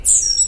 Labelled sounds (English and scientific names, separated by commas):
Stitchbird (Notiomystis cincta) song